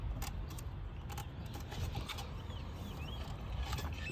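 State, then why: Not seated. The top crankcase vent hose's plastic quick-connect fitting is pushed with some force onto the port of a Damond Motorsports oil catch can on a Fiesta ST. Over a steady low rumble, a few brief knocks of handling come near 0.2, 0.6 and 1.2 seconds. Nothing has snapped or clicked, and the connector is not locked.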